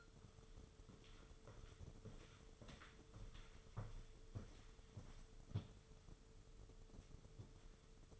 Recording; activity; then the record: daily activity, microphone in the room; walk to room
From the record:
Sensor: 4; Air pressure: 995.2 hPa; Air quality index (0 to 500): 200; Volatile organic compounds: 153 ppm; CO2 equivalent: 4038 ppm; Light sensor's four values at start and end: 26/83/31/32 and 26/84/31/32